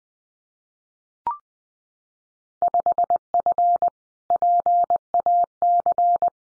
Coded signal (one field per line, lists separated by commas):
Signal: Morse code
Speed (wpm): 20 wpm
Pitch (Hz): 700 Hz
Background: none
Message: 5F PAC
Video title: Field Day Exchange Encore 20wpm